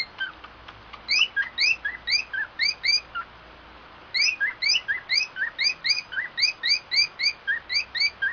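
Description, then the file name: Cockatiel chirping song of quick upslurred notes in lively bursts, with a brief break near four seconds, against a low background hiss. Song of a white-faced cockatiel. "canto da calopsita cara branca"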